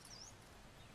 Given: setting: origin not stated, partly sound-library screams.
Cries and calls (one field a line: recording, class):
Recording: one-second piece from a danger detection set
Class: normal situation